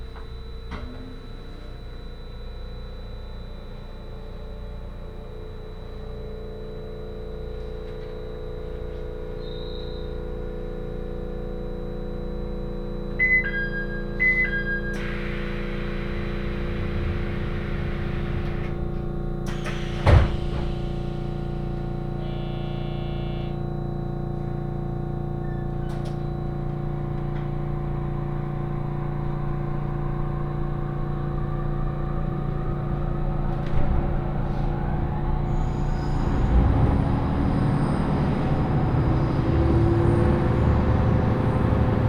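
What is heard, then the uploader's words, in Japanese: Inside a rapid train, a steady low rumble with a humming motor tone fills the car. Around thirteen seconds two short chime tones sound, followed by a hiss and a sharp knock near twenty seconds; after thirty-five seconds the motor whine rises and grows louder. 仙石東北ライン快速 高城町→仙台。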